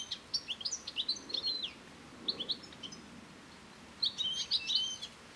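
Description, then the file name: European goldfinch calls, quick liquid twittering notes in a burst at the start, a brief pair midway, then another tinkling cluster near the end. "Carduelis carduelis"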